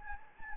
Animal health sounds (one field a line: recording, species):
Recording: mosquito wingbeat signal from an infrared sensor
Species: Anopheles gambiae